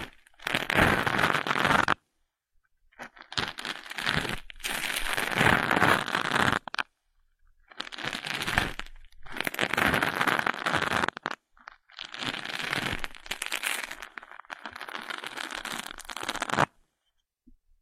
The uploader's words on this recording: Ear picking and ear massage, experience instant sleep.